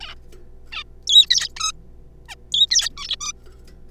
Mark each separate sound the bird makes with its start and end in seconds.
0.01-0.14, 0.72-0.84, 1.07-1.26, 1.30-1.49, 1.56-1.72, 2.28-2.35, 2.52-2.66, 2.71-2.89, 2.97-3.16, 3.20-3.32